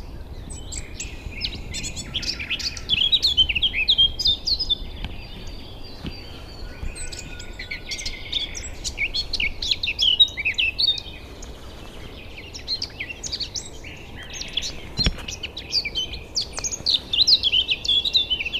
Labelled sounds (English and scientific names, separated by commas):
Eurasian Blackcap (Sylvia atricapilla)